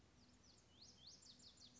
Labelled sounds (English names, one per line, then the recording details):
Lazuli Bunting
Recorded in Sonoma County, California